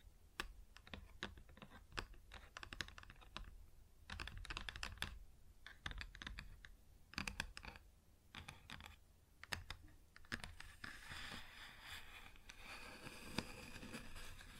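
Irregular clusters of sharp taps on a wooden surface fill the first ten seconds, then give way to steadier, hissing scratching until the end.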